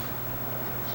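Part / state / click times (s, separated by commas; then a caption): PTO part pushed into its housing on a walk-behind tractor / not seated / none. A metal PTO part, turned so its front side faces the helper, is pushed down into its housing on a 1971 Gravely 430 walk-behind tractor. Only a steady broadband hiss with a low hum around 100 Hz is heard, with no click or knock. Nothing has seated or clicked yet, and the part is not all the way in.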